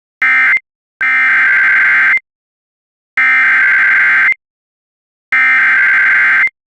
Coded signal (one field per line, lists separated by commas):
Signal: Emergency Alert System (SAME) tones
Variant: header bursts